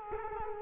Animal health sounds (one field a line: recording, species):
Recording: mosquito wingbeat signal from an infrared sensor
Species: Culex quinquefasciatus